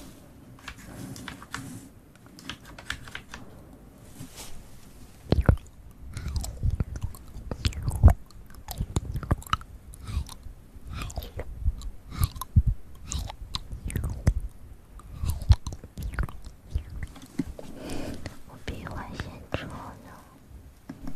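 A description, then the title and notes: Close mouth sounds, wet clicks and smacks in quick irregular bursts, denser after five seconds, with a soft low murmur underneath. ASMR Close Mouth Sounds.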